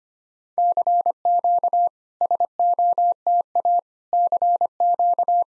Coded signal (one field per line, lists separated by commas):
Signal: Morse code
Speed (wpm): 25 wpm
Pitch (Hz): 700 Hz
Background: none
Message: CQ SOTA CQ